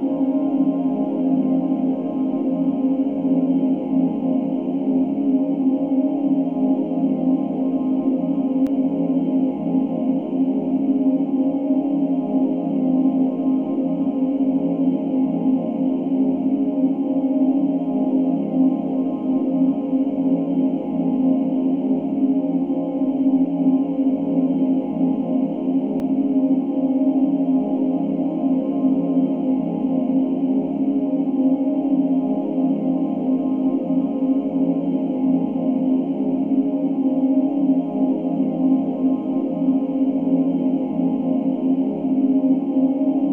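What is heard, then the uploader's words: A steady ambient space drone holds for the whole clip, a dense, unchanging hum centred in the low-middle range with softer, bell-like overtones shimmering above. Nothing rises or falls; the tone rings on evenly with no separate events or background sounds. Ambient Space Drone Soundscapes by AmbientNoise.Online.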